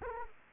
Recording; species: mosquito wingbeat signal from an infrared sensor; Anopheles arabiensis